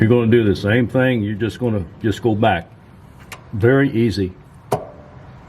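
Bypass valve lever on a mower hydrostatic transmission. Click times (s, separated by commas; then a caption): 4.7 s. Someone talks while the bypass valve lever on a Scag mower's hydrostatic transmission is turned back gently to its closed position. The lever snaps into its detent with a sharp click at 4.7 s, seating it in place.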